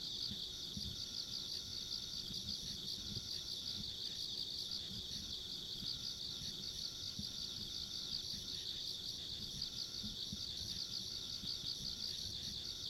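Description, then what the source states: Insects keep a dense, even high-pitched chorus going throughout, faint higher trills above, and low noise below. Ambient insect sounds along a rural country road.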